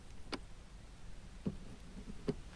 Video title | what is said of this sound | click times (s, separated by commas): การติดตั้ง Home Charger/Wall Box สำหรับ ORA Good Cat GT !! ละสรุปแล้วน้อนสวยรึหล่อขึ้นไหม มาดูกัน 👍 | เสีย-แล้วก็ต้องรอให้มันมีเสียงล็อคล็อคละเพราะล็อคแล้วเนี่ยก็ต้องเอาบัตรนะผม | 0.3 s